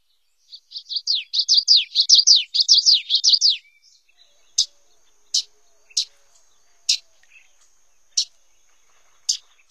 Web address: Songs of Birds of North America Stokes. Common Yellowthroat